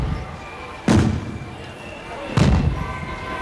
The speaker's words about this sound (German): Böllerschüsse.